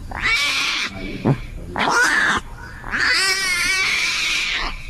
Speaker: baby Bengal tiger, and this is what the baby tiger sounds like at that age.